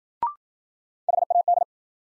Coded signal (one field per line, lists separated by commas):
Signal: Morse code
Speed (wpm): 53 wpm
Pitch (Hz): 700 Hz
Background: none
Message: HAD